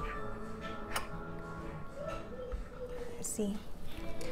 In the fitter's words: see you'll hear a click